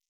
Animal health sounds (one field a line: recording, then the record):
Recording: hydrophone in a shrimp aquaculture tank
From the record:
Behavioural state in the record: stressed